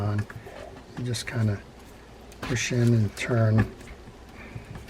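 Someone talks while a serviced spool or drag part is pushed onto the shaft of a Ryobi Sliver Cloud SX4N spinning fishing reel and turned. Nothing has seated or clicked yet.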